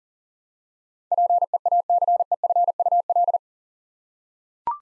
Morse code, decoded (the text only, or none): PEACEFUL